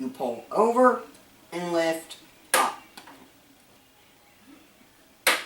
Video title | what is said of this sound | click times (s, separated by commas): Changing The Thermal Paste On An Older Intel Based System (Old Video- Archived) | you'll hear a click as a slash opens | 5.3 s